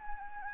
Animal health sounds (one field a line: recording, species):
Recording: mosquito wingbeat signal from an infrared sensor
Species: Anopheles gambiae